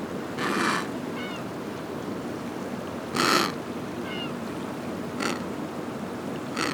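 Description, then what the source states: Penguin uttering rough, hoarse squawks at uneven intervals, with faint higher chirping notes between them, against a constant wash of sea noise. Recorded at Brown Bluff, Antarctica.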